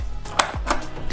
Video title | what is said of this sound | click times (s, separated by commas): Jerry can fitted topbox ⛽⛽ - how did we do it?? - TNBAM 2022 🔥🔥 - Touring Mods - தமிழில் 🏍️❤️ | அவ்வளோதாங்க. So பார்த்தீங்கன்னா lock ஆயிடுச்சு. | 0.4 s